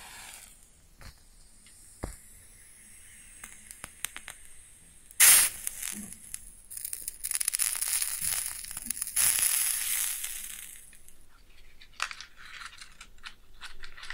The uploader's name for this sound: Close Up Matching LightingExtinguishing Fire Crackles & Sizzles